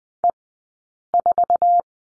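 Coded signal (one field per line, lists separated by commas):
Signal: Morse code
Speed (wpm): 20 wpm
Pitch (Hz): 700 Hz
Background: none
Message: E4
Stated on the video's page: Morse code course lesson drill on the letter C, sent at Farnsworth speed 20/10 wpm.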